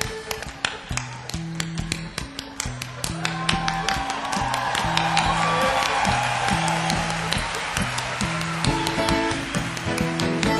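Sharp hand claps beat out a steady, quick rhythm in time with a simple tune, while a murmur of crowd noise rises behind them partway through.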